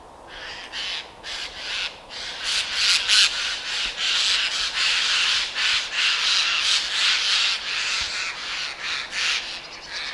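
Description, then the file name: Eurasian jay giving harsh, rasping screeches in a dense, nearly continuous series, several per second, with no other clear sounds. "Garrulus glandarius"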